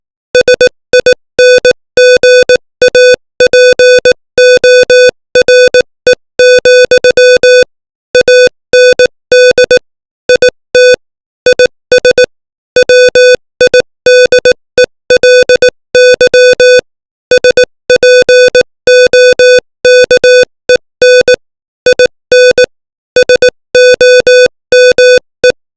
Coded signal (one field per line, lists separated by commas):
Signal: Morse code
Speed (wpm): 18 wpm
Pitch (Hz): 500 Hz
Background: music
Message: SINGAPORE, AND IT IS WIDELY SPOKEN IN SOME